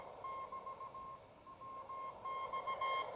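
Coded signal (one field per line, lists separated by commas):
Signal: Morse code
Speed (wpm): 17 wpm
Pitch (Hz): 1070 Hz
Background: none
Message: <BT> MX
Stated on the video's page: Homemade QRP CW transceiver for 20 and 40 meters.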